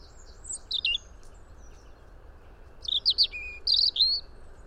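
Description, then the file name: European robin singing: a short burst of thin, high warbled notes, a pause of about two seconds, then a longer phrase of quick twisting whistles, over a faint low hum. "Erithacus rubecula"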